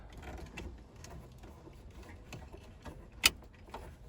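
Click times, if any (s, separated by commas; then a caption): 3.3 s. A gray wiring harness plug is pushed into the socket on the rear of a Stiflix 9" touch screen single DIN car stereo being installed in a 1992 Ford F250. Soft scrapes and small ticks come first, then a sharp click at 3.3 s as the plug clips in and seats.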